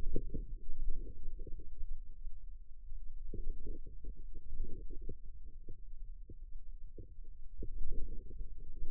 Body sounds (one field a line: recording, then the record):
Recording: forearm muscle sounds (acoustic myography)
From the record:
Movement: inward rotation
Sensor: system 2, bracelet of six BSWA MPA416 microphones around the upper forearm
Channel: 6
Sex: female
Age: 22 years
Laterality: right